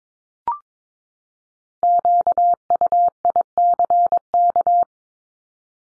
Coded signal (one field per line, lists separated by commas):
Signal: Morse code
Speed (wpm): 22 wpm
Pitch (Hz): 700 Hz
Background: none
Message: QUICK